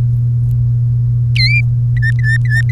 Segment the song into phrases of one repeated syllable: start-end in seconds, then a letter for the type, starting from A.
1.35-1.61 A, 1.97-2.62 B